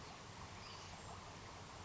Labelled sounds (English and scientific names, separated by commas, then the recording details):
Western Flycatcher (Empidonax difficilis)
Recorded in Sonoma County, California